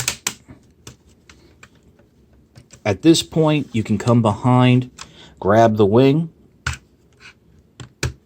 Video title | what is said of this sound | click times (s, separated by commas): Transformers Siege Commander Class Jetfire | and it snaps into place down here, and it snaps into place vertically. | 6.7 s, 8.0 s